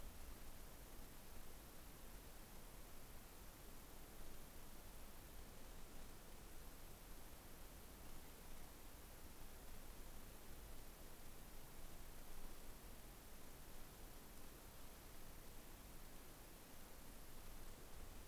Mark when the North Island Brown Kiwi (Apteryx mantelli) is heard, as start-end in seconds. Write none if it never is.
none